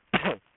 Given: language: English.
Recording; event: throat vibration sensor signal played as sound; cough